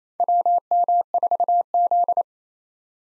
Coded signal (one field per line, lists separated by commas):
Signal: Morse code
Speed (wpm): 28 wpm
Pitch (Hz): 700 Hz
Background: none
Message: WM4Z